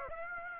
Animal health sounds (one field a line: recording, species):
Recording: mosquito wingbeat signal from an infrared sensor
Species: Aedes aegypti